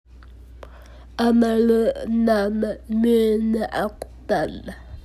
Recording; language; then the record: elicited speech; Bengali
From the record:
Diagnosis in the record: Broca's or global aphasia after a stroke